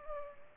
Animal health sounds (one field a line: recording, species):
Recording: mosquito wingbeat signal from an infrared sensor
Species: Culex pipiens